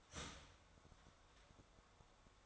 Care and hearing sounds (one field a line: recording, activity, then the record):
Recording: daily activity, microphone in the room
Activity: start toaster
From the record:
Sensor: 3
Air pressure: 1014.7 hPa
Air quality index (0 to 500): 195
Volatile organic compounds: 23 ppm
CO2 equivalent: 2784 ppm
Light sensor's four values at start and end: 4/11/4/4 and 4/11/4/4